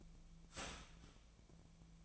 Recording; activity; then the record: daily activity, microphone in the room; start toaster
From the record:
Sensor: 1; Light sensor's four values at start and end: 27/70/29/34 and 27/70/29/34